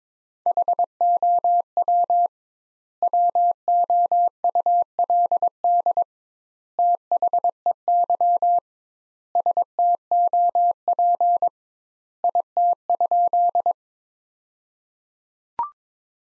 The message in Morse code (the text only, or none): HOW WOULD THEY STOP IT?